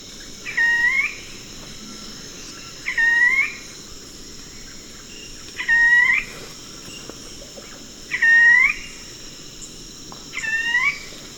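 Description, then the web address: Ruddy foliage-gleaner repeating a short, rising upslurred note five times, roughly every two and a half seconds, against a constant high-pitched hum. Recorded in Ecuador. "Birds of Ecuador. Ruddy Foliage-gleaner"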